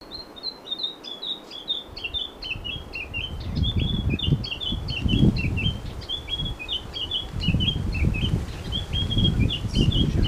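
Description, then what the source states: Bird giving quick, high chirping notes in a rapid series throughout, over a low rumbling background noise. Recorded in Papua New Guinea.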